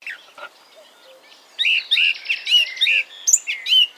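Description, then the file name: Eurasian blackcap song: a few faint notes, then a loud run of fluty whistled phrases and quick sharp notes. "Sylvia atricapilla"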